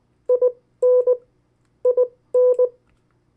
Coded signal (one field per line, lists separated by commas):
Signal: Morse code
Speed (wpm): 20 wpm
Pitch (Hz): 500 Hz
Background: none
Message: IN IN